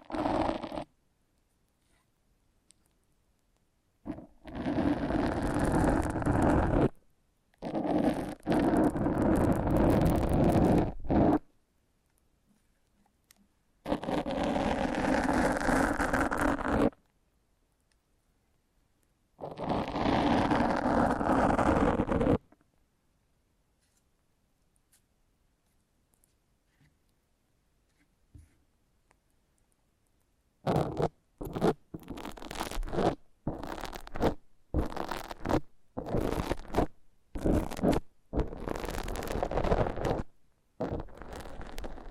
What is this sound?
Foam Massage